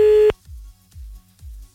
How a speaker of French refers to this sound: Encore une sonnerie.